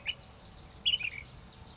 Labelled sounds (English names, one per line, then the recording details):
Ash-throated Flycatcher
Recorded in Sonoma County, California